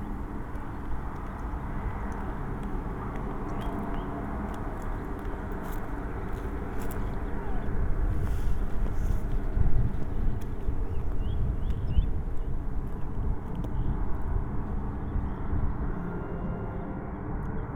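A plane passes overhead as a continuous low roar that fills the whole stretch, swelling toward its loudest around the middle before easing slightly. Faint, scattered ticks and small sounds drift over the dense rumble.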